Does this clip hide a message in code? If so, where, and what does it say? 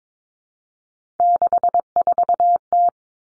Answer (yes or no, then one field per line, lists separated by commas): yes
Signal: Morse code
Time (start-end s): 1.2-2.9 s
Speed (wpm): 22 wpm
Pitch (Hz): 700 Hz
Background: none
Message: 64T